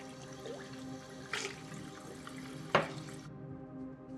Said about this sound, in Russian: В ванной он наполняет стакан водой и пьет. Склонив голову, он снова пьет. Оставшуюся воду выливает в раковину.